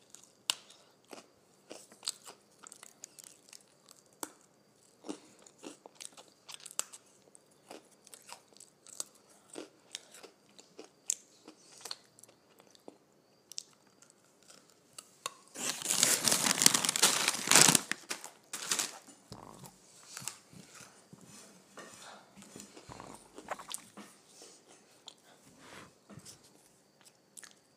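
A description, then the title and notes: Someone crunches on potato chips, with quick, sharp crackles scattered irregularly throughout and quiet pauses between bites. Around sixteen to eighteen seconds a louder, dense burst of crinkling and crunching stands out, likely the chip bag being handled, before the sparse chewing returns. Crunching on Potato Chips.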